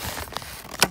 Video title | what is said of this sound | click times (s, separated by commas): Spikey’s Skiing for Noobs!! - Wilmot Mountain 2019 | As long as it's on the right direction, you have to lock your foot in place till you hear that snap and it lifts up. | 0.8 s